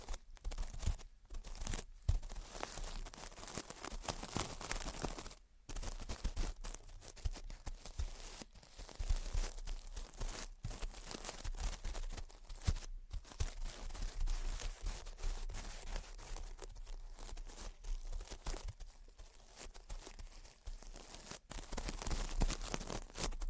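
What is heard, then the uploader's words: Gentle tapping and scratching fills the recording, a dense, continuous run of crinkly, crackling sounds with bright hiss on top and a low rumble underneath. Brief full silences cut in at irregular moments, near two, five, thirteen and twenty-one seconds. Gentle Tapping and Scratching. (No Talking).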